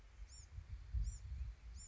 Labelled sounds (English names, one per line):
Bewick's Wren